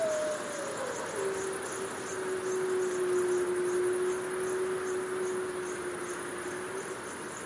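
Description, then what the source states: Wolf giving one long, smooth howl that dips early then holds a steady low tone for several seconds, with rhythmic cricket chirping behind. Distant pack of wolves howling at night on the prairie under moonlight.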